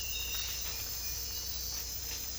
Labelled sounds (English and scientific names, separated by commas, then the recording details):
none
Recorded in dense forest near Puerto Asís, Putumayo, Colombia, on 22 December 2024 at 04:00
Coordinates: 0.486, -76.317
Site G003